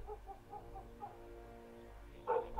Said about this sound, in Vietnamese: tiếng khóc của thằng bé con làm cho con chó vàng bị đánh thức. Cũng chõ ra ngoài mà sủa nhấm nha nhấm nhẳng.